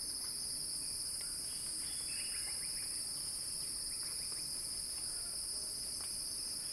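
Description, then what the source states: Cicada buzzing, steady and high, with a few faint quick runs of short notes. Cicada song in a crescendo.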